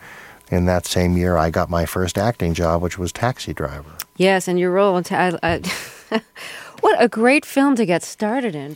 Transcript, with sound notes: and in that same year I got my first acting job, which was "Taxi Driver."
Yes, and your role in - (laughter) what a great film to get started in.